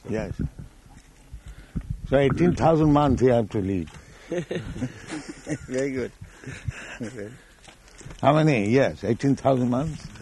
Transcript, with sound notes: Yes. So eighteen thousand month you have to live.
[laughs] Very good.
How many years, eighteen thousand months?